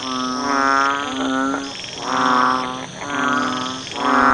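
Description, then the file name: Banded bullfrog calls: several rich, low, bleating croaks in quick succession, over a high whine. "เสียงอึ่งอ่างร้อง"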